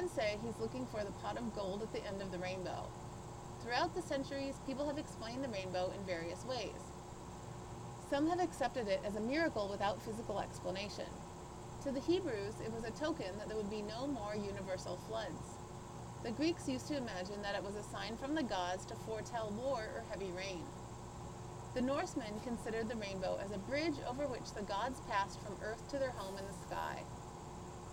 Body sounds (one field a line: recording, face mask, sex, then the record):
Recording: reading aloud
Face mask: surgical mask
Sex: female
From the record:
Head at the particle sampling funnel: tilted up or above it, chin in front of it